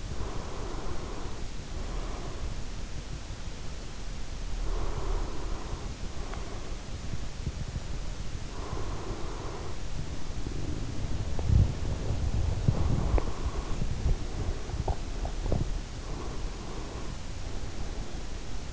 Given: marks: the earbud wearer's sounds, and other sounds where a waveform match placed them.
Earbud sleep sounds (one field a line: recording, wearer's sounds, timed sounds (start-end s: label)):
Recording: sounds in sleep by an in-ear microphone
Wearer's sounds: breath, body movement, swallowing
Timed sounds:
0.00-2.77 s: breath
4.65-7.10 s: breath
8.36-10.99 s: breath
10.21-16.08 s: body movement
12.54-15.19 s: breath
14.53-15.72 s: swallowing
15.90-18.73 s: breath